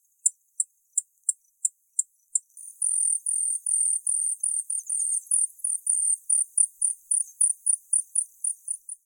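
Hummingbird calls, very high thin chips repeated about every third of a second, then a run of longer high notes at about the same rate, with little other sound.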